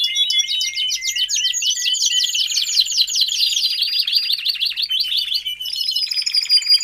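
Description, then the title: Domestic canary song, a continuous fast stream of sharp repeated notes sliding gradually lower, closing with a ringing high trill. Male Belgian canary singing a lot, for training and warming up young canaries. "Canary Training Esquente Seu Filhote E Canario Belga Macho Cantando Muito"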